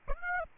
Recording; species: mosquito wingbeat signal from an infrared sensor; Aedes aegypti